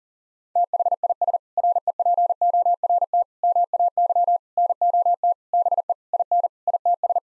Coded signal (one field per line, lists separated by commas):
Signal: Morse code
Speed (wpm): 40 wpm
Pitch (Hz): 700 Hz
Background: none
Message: THIS REPORT MAY NOT BE IN ITS